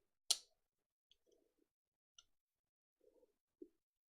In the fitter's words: back you hear click then